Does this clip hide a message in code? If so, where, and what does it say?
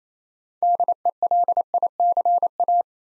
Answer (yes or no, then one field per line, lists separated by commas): yes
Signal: Morse code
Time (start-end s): 0.6-2.8 s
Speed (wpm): 27 wpm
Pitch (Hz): 700 Hz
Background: none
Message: DELICA